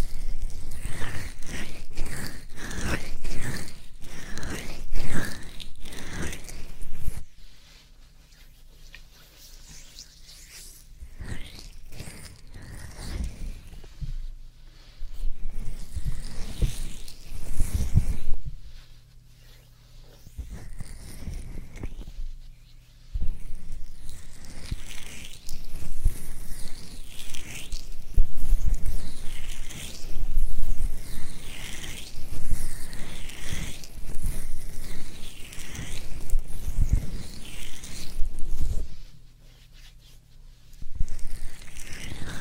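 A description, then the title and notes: Ear massage and ear play, with rubbing, scratching and crinkly friction sounds. The textures come in dense, uneven bursts, bright and crackly, broken by brief near-silent pauses around 7–10, 19 and 23 seconds, with a low muffled thump underneath. Ear massage, and ear play.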